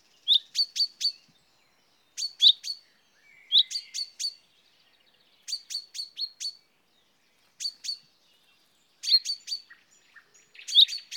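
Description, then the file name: Common chaffinch calls, bright sharp 'pink' notes given in quick bursts of a few notes, each burst separated by roughly a second of quiet. "Fringilla coelebs"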